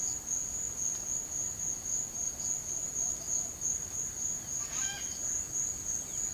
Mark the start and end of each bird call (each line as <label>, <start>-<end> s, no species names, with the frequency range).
bird call (0.7-6.5 kHz), 4.60-5.22 s